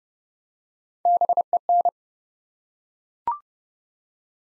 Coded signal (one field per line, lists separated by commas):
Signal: Morse code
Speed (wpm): 30 wpm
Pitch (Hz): 700 Hz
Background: none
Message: BEN